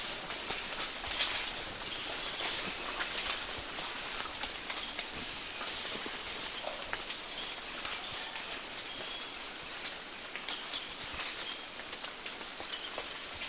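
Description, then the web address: Bronze-olive pygmy-tyrant calls: a high, thin whistle at the start and again at the end, with soft background noise between. Recorded in Ecuador. "Natures Songs S America Birds of Ecuador Bronze-olive Pygmy-Tyrant"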